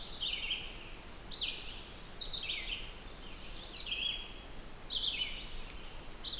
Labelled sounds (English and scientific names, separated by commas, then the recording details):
Red-eyed Vireo (Vireo olivaceus) song
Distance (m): 45 m
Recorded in boreal forest in Alberta, Canada, on 16 June 2016 at 08:44
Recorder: SongMeter 3, array SBT-3-32
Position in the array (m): 148 m, 111 m